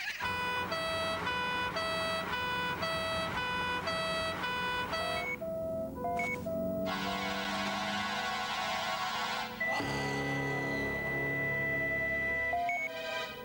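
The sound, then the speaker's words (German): An ambulance siren wails in a rapid two-tone, high-low pattern for several seconds, then gives way to loud, dense, harsh noise with shifting tones, all without any talking. “Im Krankenwagen macht sich Panik breit.”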